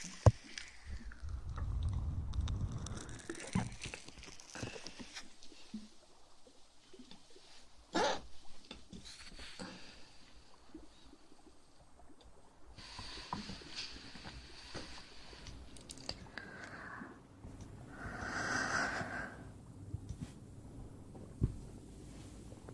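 An ear massage trigger of soft rubbing and brushing, with a low muffled rumble in the first few seconds. Scattered taps and clicks come irregularly, including a sharp one near eight seconds, and a brighter swishing swell rises around seventeen to nineteen seconds.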